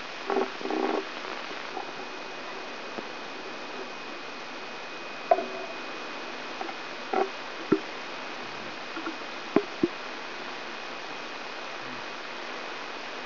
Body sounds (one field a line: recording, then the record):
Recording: brain microelectrode recording played as sound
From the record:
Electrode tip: outside the subthalamic nucleus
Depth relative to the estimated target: 2 mm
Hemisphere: right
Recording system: AlphaMap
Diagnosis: Parkinson's disease